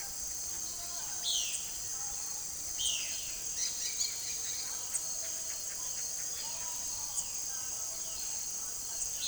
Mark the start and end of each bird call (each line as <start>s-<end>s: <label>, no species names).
1.19s-1.73s: bird call
2.78s-3.24s: bird call
3.52s-4.42s: bird call
4.83s-8.26s: bird call